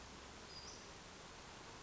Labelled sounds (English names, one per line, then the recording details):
Western Flycatcher
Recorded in Sonoma County, California